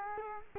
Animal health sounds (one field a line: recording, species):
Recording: mosquito wingbeat signal from an infrared sensor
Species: Culex quinquefasciatus